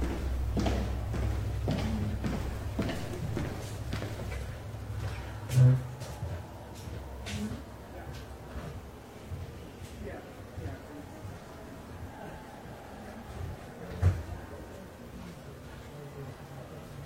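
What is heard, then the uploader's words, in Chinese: Quiet library room tone with a low hum, broken by soft clicks and taps, likely typing and pen or page handling, frequent in the first eight seconds and sparser after. Two sharper knocks land near six and fourteen seconds; faint voices murmur underneath. 公共图书馆沉浸式学习 图书馆环境音 打字声 写字翻书。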